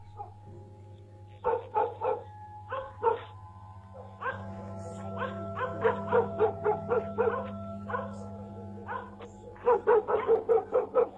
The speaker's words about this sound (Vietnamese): Không gian tĩnh lặng, thỉnh thoảng đâu đó có mấy con chó ở trong làng nó cắn ma, cứ nhấm nha nhấm nhẳng vang lên, nghe đến rát cả ruột, buốt cả gan.